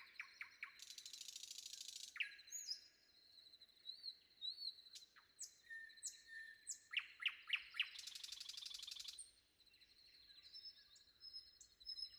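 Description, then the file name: Common nightingale singing rich varied phrases: a long buzzy rattle, fast repeated clicking notes, whistles and another buzzy rattle. Sung before dawn. "predawn nightingale"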